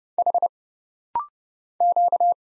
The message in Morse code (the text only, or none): H Q